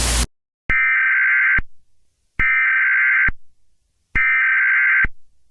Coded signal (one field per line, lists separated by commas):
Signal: Emergency Alert System (SAME) tones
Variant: header bursts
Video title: (READ DESC) EAS Scenario: The Red Eye Man (Analog Horror) PT:1